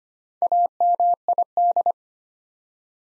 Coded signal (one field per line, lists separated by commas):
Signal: Morse code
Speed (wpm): 25 wpm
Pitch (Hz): 700 Hz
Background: none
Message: AMID